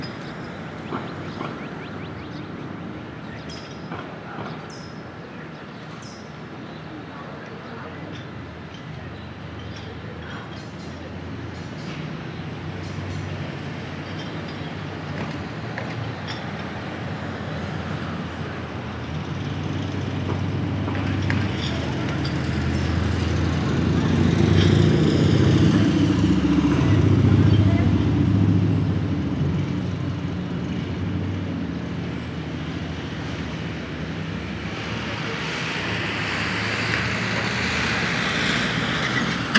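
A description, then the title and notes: A Brooklyn morning outdoors, with steady city traffic humming and swelling. A heavy vehicle rumbles past, loudest around twenty-five seconds, while faint voices and small clinks sit in the background. Toward the end a brighter hiss of passing tires takes over. Brooklyn Morning. Rooftop.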